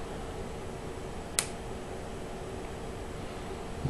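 A plastic bipod leg of a model kit weapon is pushed into its socket and seats with a single sharp, bright click at 1.4 seconds. Before and after it there is only a steady low background hum, with a small thump at the very end.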